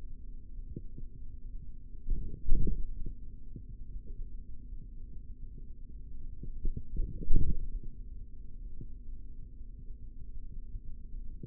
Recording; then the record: forearm muscle sounds (acoustic myography)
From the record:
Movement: forearm supination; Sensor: system 3, bracelet of six PUI Audio POM-2738L microphones around the upper forearm, with dedicated amplification and filtering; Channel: 5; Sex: male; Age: 56 years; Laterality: right